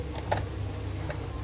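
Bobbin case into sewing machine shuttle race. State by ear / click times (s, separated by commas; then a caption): seated / 0.3 s. A bobbin case is pressed into the shuttle race of a Jaguar mini sewing machine and latches into place with a sharp click at 0.3 s, preceded by a faint tick at 0.2 s. A softer tick follows at 1.1 s over a low background hum, and the bobbin case is seated.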